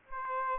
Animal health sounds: mosquito wingbeat signal from an infrared sensor; Aedes albopictus

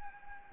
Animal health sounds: mosquito wingbeat signal from an infrared sensor; Anopheles gambiae

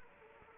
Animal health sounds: mosquito wingbeat signal from an infrared sensor; Anopheles arabiensis

